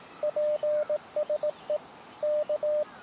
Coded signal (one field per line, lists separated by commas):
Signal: Morse code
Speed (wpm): 17 wpm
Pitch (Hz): 600 Hz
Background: radio noise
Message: PSE K